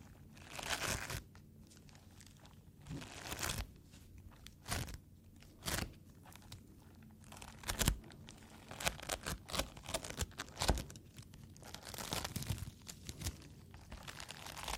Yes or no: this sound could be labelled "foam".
yes